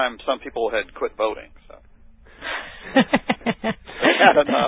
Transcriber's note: laughter